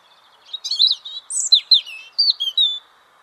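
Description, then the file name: European robin singing one varied phrase of high, liquid whistles and fast twittering notes, sliding up and down, under three seconds long. "Erithacus rubecula"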